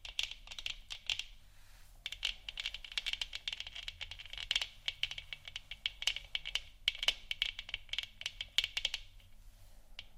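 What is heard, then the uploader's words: Moon scratching and tapping makes a dense run of quick, bright clicks and scrapes, like fingers or a tool working a hard surface. The taps come in rapid irregular bursts, with a short pause near two seconds. A low, steady hum sits underneath. ASMR Moon Scratching & Tapping For Sleep（No Talking）.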